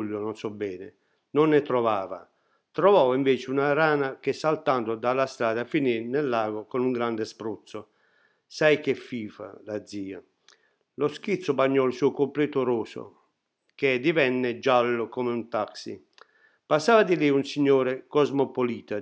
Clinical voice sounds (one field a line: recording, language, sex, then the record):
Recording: read passage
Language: Italian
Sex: male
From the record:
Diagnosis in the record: healthy control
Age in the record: 68 years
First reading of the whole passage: 60 s, 8.7 characters per second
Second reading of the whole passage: 55 s, 9.3 characters per second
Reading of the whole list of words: 43 s, 6.5 characters per second